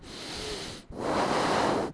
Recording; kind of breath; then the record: one breath in and out by a microphone near the nose and mouth; deep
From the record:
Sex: male